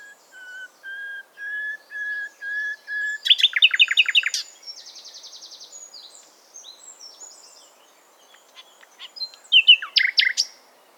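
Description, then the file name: Common nightingale song: a series of steady piping whistles, then rapid rattling trills, buzzy churrs and sharp chattering phrases, loud and varied. "Luscinia megarhynchos"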